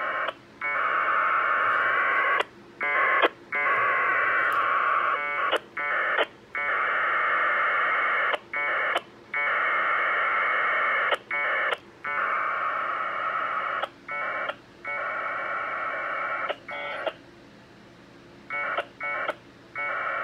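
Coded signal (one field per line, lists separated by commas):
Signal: packet radio (AX.25, as in APRS)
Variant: 1200 baud Bell 202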